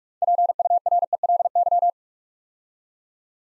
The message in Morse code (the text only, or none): PURELY